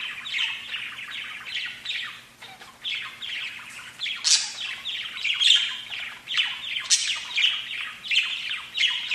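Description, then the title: Budgerigar calls: chirpy, grating chatter with several shrill squeaks mixed in. "Budgie Sounds"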